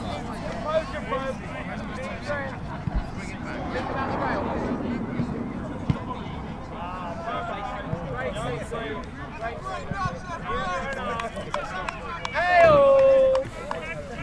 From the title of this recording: Rugby Match at Folkstone